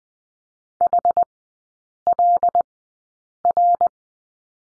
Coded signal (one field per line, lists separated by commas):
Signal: Morse code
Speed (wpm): 20 wpm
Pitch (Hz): 700 Hz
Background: none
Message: HLR